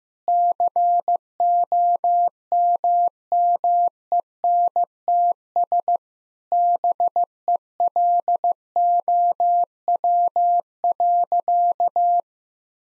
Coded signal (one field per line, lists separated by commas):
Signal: Morse code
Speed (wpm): 15 wpm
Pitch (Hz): 700 Hz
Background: none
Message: COMMENTS BELOW.